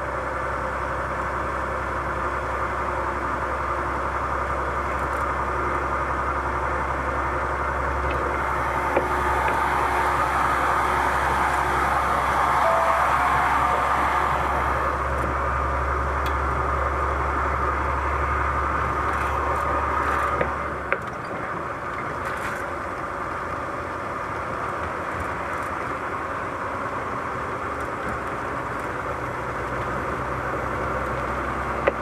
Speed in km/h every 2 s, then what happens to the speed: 73, 74, 75, 75, 75, 75, 75, 76, 77, 78, 79, 82, 83, 85, 88, 94.
0-20 steady at about 75. 20-32 speeds up to 94.